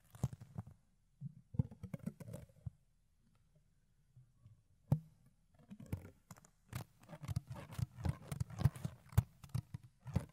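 Ear cleaning on a fluffy surface gives soft, muffled rubbing and scratching with low thuds and sharp crackly clicks. Busy bursts fill the first two and a half seconds, then a quieter lull broken by a single sharp snap near five seconds, then dense, irregular scratching to the end.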